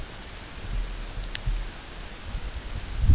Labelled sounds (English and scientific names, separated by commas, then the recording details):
none
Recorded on Arctic tundra, site UTQI-8, on 16 June 2019
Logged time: 00:00